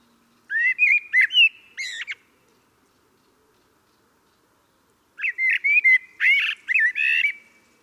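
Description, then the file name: Common blackbird song: two phrases a few seconds apart, mixing mellow whistles with scratchy, high notes. "Turdus merula"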